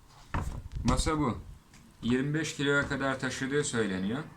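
While a Hags folding camping table is assembled, a frame part is pushed so its notch seats into its slot, tensioning slightly before it goes in with a wooden knock at 0.3 s. The notch seats in place, and afterward someone talks.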